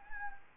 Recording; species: mosquito wingbeat signal from an infrared sensor; Anopheles gambiae